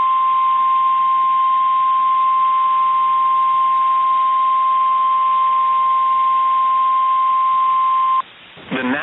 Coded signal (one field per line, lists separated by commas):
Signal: Emergency Alert System (SAME) tones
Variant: 1050 Hz attention tone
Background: speech